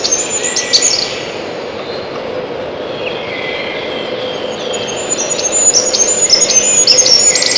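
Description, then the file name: Siberian chiffchaff with a short burst of high notes, a quieter pause, then a longer chattering series of thin slurred notes over a background drone. "пеночка печальная"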